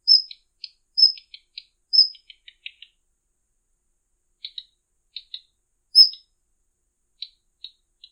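Daurian redstart calling: thin, high whistled notes each followed by soft dry ticking clicks, whistles about once a second at first, then further tick series after a pause.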